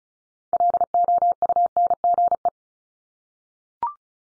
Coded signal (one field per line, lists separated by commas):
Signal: Morse code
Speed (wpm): 36 wpm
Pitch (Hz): 700 Hz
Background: none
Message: LOUNGE